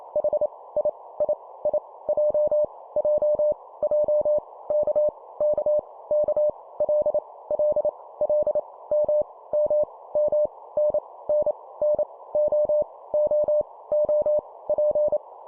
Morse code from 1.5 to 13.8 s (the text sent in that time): I J J J K K K L L L M M M N N N O O